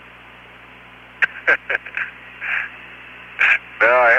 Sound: laughter